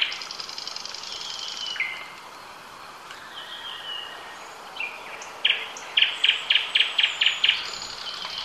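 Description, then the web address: Nightingale singing drawn-out whistles, then a fast repeated series of loud rattling clicks, over a hissing background. "ljud Luscinia"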